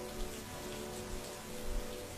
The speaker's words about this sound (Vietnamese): Ban đêm tôi nằm giữa hai anh, lắng tai nghe tiếng mưa rơi ầm ầm.